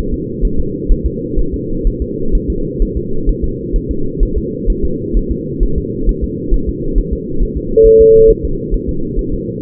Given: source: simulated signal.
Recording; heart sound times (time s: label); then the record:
fetal heart sounds
0.14 s: S2
0.45 s: S1
0.60 s: S2
0.92 s: S1
1.06 s: S2
1.39 s: S1
1.54 s: S2
1.87 s: S1
2.02 s: S2
2.35 s: S1
2.50 s: S2
2.82 s: S1
2.97 s: S2
3.29 s: S1
3.44 s: S2
3.76 s: S1
3.91 s: S2
4.23 s: S1
4.38 s: S2
4.70 s: S1
4.85 s: S2
5.17 s: S1
5.31 s: S2
5.63 s: S1
5.78 s: S2
6.09 s: S1
6.24 s: S2
6.54 s: S1
6.69 s: S2
6.98 s: S1
7.13 s: S2
7.43 s: S1
7.57 s: S2
7.86 s: S1
8.01 s: S2
8.30 s: S1
8.45 s: S2
8.74 s: S1
8.89 s: S2
9.19 s: S1
9.34 s: S2
From the record:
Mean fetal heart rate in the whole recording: 130 bpm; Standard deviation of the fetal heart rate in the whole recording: 4 bpm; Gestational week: 38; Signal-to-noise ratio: -8.1 dB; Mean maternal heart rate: 72 bpm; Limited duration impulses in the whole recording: present